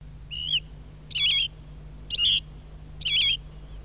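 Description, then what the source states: Austral thrush song: four short whistled, warbling phrases given about once a second, each slightly varied, over a steady low hum. Recorded in Laguna Blanca National Park.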